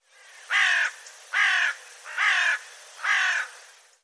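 Bird calls: four harsh, hoarse caws, each lasting about half a second, evenly spaced roughly one per second.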